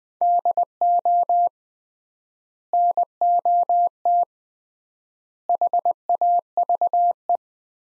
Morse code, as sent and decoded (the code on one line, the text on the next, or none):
-.. --- / -. --- - / .... .- ...- .
DO NOT HAVE